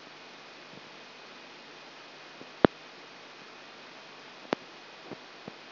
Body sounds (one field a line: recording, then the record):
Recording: brain microelectrode recording played as sound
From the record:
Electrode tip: outside the subthalamic nucleus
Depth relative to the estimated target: -4 mm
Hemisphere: right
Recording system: AlphaMap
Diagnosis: Parkinson's disease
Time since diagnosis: 24 years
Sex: female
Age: 57 years